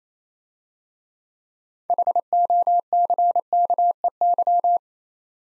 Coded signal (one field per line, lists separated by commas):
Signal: Morse code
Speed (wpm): 27 wpm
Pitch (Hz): 700 Hz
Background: none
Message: HOCKEY